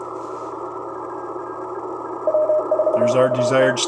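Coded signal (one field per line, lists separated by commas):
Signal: Morse code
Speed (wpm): 32 wpm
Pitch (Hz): 620 Hz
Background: speech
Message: W4UT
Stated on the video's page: CW operation using band pass and notch filters to eliminate QRM.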